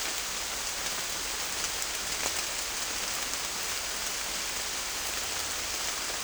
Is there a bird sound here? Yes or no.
no